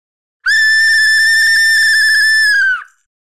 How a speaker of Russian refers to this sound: Я изо всех сил, ну почти, дунул в свисток. И тот разразился противным громким звуком, от которого даже у меня зачесалось в ухе.